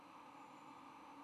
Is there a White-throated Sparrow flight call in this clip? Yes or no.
no